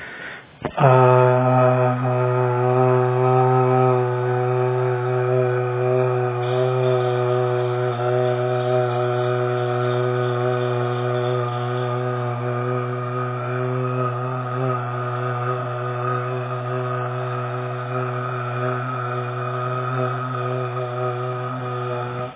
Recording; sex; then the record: sustained vowel /a/; male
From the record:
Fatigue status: no fatigue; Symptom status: asymptomatic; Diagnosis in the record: COVID-19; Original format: 3gp